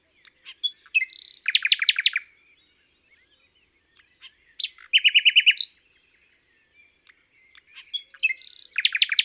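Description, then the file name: Common nightingale singing three rapid trilled phrases, each of fast repeated notes, separated by short pauses. "Rossignol philomele"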